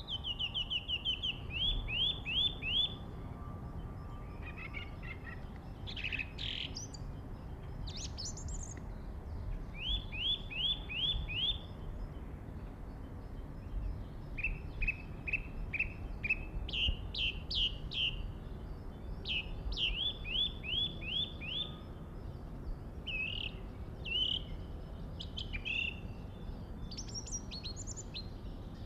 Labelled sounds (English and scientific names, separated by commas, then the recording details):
Song Thrush (Turdus philomelos) song
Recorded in the wild
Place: Hafling, Bozen, IT
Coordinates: 46.5306, 10.9525
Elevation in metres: 1302
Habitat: mountains
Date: 1981-03-26
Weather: bedeckt
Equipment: Uher 4000 Report, Sennheiser MKH 815 T
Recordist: Tretzel, Erwin